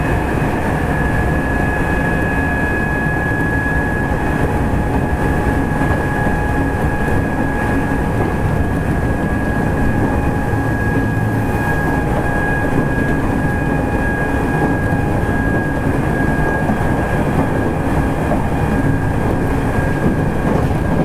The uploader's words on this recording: 南海電気鉄道 7100系電車の走行音です。 南海線の特急サザンにて収録しました。 区間は、難波から堺までです。 Running noise of the Nankai Railway 7100 series train.